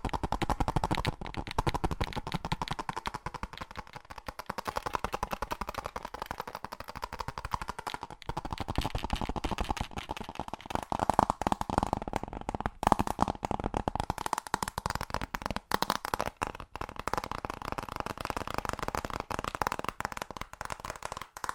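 Fast ASMR tapping runs without pause for the whole stretch, a dense flurry of quick, crisp knocks packed tightly together. The taps carry a slight ringing tone in the middle range, and the pace and loudness stay fairly even throughout, with a few sharper hits.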